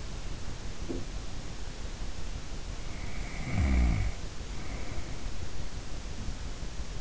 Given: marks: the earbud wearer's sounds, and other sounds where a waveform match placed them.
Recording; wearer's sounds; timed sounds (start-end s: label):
sounds in sleep by an in-ear microphone; snoring breath
0.83-1.18 s: sound from someone else or the room
2.90-5.29 s: snoring breath